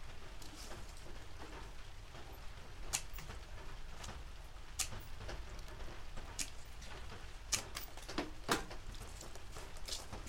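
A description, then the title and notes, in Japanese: Soft, steady rain patters throughout over a low, constant rumble. On top of it come sharp snaps and rustles every second or two, most clearly near 3, 5, 7.5 and 8.5 seconds, as harvested green onions are peeled and trimmed. 雨降りの日の出荷作業。出荷日の昼下がり。しとしと冷たい雨の日。収穫してきたネギの調整作業中(皮むき、葉落とし、軽量、束にする)。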